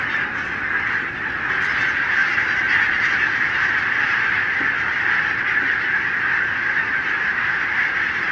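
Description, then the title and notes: Barnacle goose flock in full cry, loud massed yelping calls merging into a continuous noisy chorus. Flock of about 20,000 on wintering grounds in winter, Renesse, Netherlands, 12 January 2009; recorded with Nagra LB and Telinga P7. "Renesse - Pays-bas. 20 000 Bernache nonnette ( Branta leucopsis) en Hollande"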